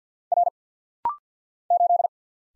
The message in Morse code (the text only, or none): R 8